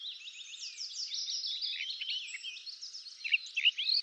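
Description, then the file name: Eurasian blackcap song: a rapid, continuous, scratchy warble of quick high notes, growing louder with a few sharper phrases near the end. "Sylvia atricapilla"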